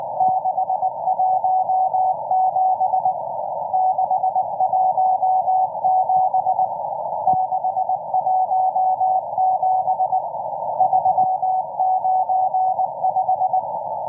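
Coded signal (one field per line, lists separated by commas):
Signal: Morse code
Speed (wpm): 19 wpm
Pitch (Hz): 750 Hz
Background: none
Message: 617 617 617 395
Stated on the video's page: M14 Morse number station on 17458 kHz at 09:30 UTC, an extremely long message running until 10:20 UTC.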